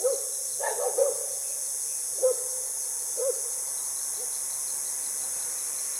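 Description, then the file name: Frog calling with short croaking notes at irregular intervals, a cluster early then single calls, over a steady high hiss. Recorded on 9 March 2021 at 20:32 in the evening. "20210309203200"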